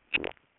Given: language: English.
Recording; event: throat vibration sensor signal played as sound; swallow